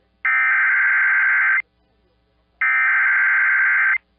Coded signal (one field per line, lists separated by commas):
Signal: Emergency Alert System (SAME) tones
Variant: header bursts